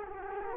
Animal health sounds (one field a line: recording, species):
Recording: mosquito wingbeat signal from an infrared sensor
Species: Culex quinquefasciatus